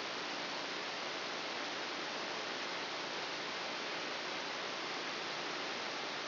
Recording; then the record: brain microelectrode recording played as sound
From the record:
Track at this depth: inside the subthalamic nucleus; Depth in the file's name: 3.513 mm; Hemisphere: left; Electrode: 2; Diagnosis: Parkinson's disease